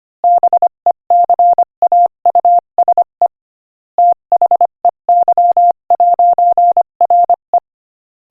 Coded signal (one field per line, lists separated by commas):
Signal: Morse code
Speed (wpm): 24 wpm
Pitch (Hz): 700 Hz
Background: none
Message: BECAUSE THEY'RE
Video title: Morse Code Practice: 25 wpm Joke #21